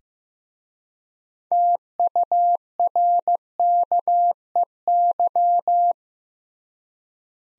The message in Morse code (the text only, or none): TURKEY